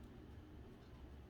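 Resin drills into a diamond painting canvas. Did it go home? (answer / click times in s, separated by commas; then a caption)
no / none. Rows of resin diamond painting drills are handled over an adhesive canvas while a steady low rumble and hum fill the clip with no sharp transients. Nothing has seated or clicked into place yet.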